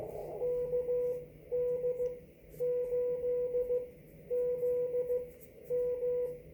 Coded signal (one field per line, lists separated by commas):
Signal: Morse code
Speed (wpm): 14 wpm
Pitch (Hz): 490 Hz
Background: radio noise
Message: KD8ZM